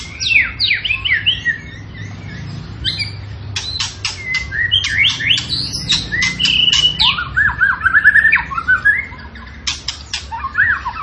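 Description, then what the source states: Tembakan bird singing a busy, varied song of harsh clicking chips interleaved with slurred whistles and rapid descending trills, almost continuous throughout. Tembakan bird singing actively (gacor), used for training cage birds (masteran).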